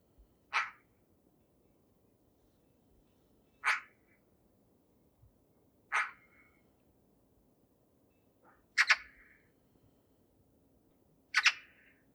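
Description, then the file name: Eurasian magpie giving single harsh, rasping calls, five in all, spaced roughly every two to three seconds, over a quiet low background hiss. "Pica pica"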